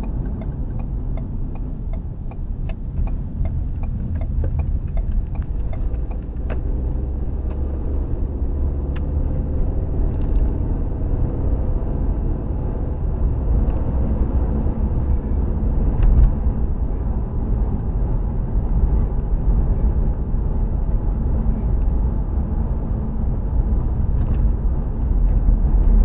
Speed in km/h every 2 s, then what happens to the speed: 27, 21, 24, 34, 42, 50, 55, 58, 60, 60, 60, 60, 56.
0-3 slows to 21. 3-14 speeds up to 58. 14-26 steady at about 60.